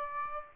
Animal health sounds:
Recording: mosquito wingbeat signal from an infrared sensor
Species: Aedes aegypti

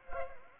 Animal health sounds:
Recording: mosquito wingbeat signal from an infrared sensor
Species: Culex pipiens

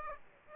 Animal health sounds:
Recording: mosquito wingbeat signal from an infrared sensor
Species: Aedes aegypti

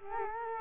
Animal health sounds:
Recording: mosquito wingbeat signal from an infrared sensor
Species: Culex quinquefasciatus

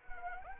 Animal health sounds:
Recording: mosquito wingbeat signal from an infrared sensor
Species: Anopheles arabiensis

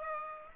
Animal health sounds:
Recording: mosquito wingbeat signal from an infrared sensor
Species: Aedes aegypti

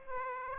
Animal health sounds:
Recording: mosquito wingbeat signal from an infrared sensor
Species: Aedes aegypti

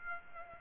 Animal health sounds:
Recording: mosquito wingbeat signal from an infrared sensor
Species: Aedes aegypti

